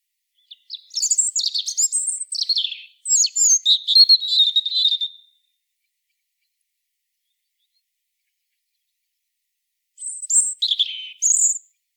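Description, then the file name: European robin delivers a long, varied song phrase of high whistles, trills and warbling, then silence for about five seconds before a shorter phrase. "Erithacus rubecula"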